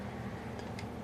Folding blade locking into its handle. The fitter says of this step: full fold it locks in place